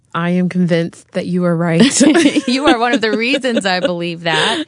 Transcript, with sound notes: I am convinced that you are right. (laughter)
You are one of the reasons I believe that.